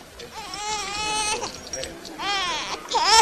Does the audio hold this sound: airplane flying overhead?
no